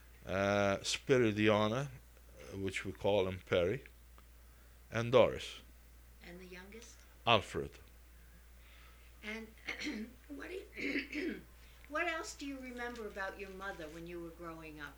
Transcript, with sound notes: Uh, Spiridiona, which we call him Perry, and Doris.
And the youngest?
Alfred. ( she clears her throat )
what else do you remember about your mother when you were growing up?